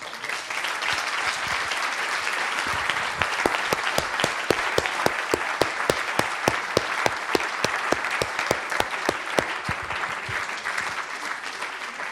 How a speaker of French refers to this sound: Et puis, je vous invite à applaudir nos intervenants.